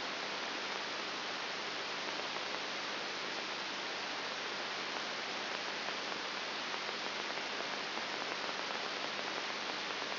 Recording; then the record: brain microelectrode recording played as sound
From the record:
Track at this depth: inside the subthalamic nucleus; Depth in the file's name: 6.1 mm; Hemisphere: right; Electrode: 3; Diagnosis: Parkinson's disease